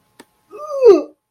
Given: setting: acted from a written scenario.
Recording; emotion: vocal sound without words; disgust